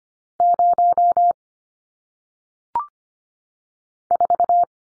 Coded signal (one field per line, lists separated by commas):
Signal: Morse code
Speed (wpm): 25 wpm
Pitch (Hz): 700 Hz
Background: none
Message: 0 4